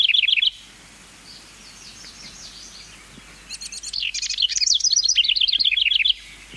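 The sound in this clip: House wren singing: a short high trill at the start, soft faint notes, then a loud jumbled, bubbling cascade of rapid chattering notes before ending abruptly.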